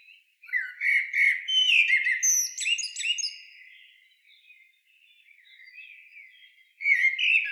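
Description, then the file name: Common blackbird giving a rich fluty phrase with high sharp squeaks near its end, a soft quiet warble after it, then a new phrase starting. "Turdus merula"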